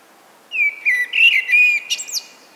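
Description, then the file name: Common blackbird song phrase: a fluty, wavering whistle that ends in a thin, high squeaky twitter. "Turdus merula"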